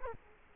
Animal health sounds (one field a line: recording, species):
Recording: mosquito wingbeat signal from an infrared sensor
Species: Culex quinquefasciatus